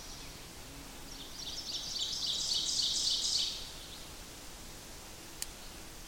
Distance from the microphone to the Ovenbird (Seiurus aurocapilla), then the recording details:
about 30 m. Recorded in boreal forest in Alberta, Canada, on 8 June 2016 at 06:55. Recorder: SongMeter 3, array SBT-3-9. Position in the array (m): 47 m, 103 m. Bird 33